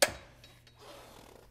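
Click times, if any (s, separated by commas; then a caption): 0.0 s. After the scrub brush cover is refitted on an Advance SC6000 floor scrubber, the brush cover latch on the deck is swung back down and snaps closed with a single sharp, bright hit at 0.0 s that quickly fades. Two faint, soft ticks follow at about 0.4 and 0.7 s over a low, steady background hum. The latch is seated and closed.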